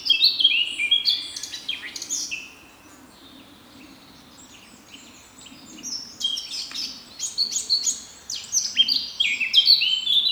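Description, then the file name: Eurasian blackcap delivers two bursts of rich whistled warbling separated by a few seconds of quiet. "Sylvia atricapilla"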